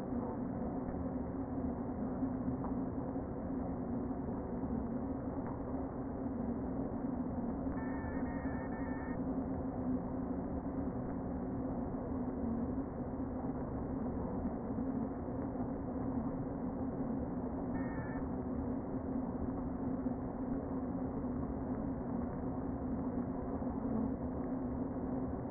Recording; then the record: honeybee colony, microphone inside the hive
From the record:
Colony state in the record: queen present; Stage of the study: before two queens were removed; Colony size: about 60,000 bees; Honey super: yes